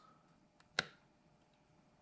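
A security key inserted into a Steyr pistol frame is rotated until its locking key clicks into position. A faint tick comes at 0.6 s, then one sharp click at 0.8 s with a short ringing tail, and the key is seated in place.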